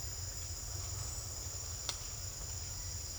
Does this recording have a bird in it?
no